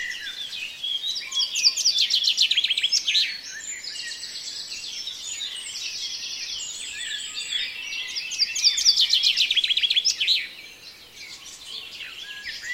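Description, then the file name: Birds chorusing at dawn, dense overlapping high twitters, loud fast trills around two and nine seconds, quieter after ten seconds. "Reveil des oiseaux La Sonotheque"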